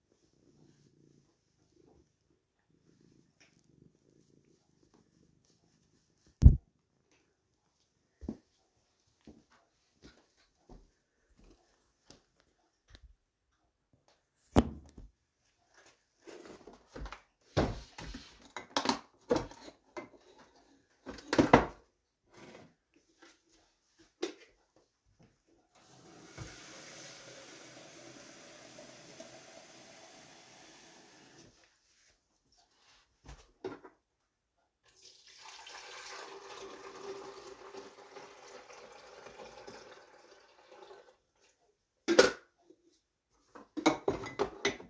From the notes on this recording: Getting up, coffeebrewing , catmeowing, firestarting, snowwalking, cofeesipping, writing